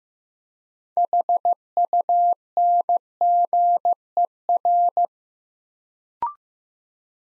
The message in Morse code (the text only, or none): HUNGER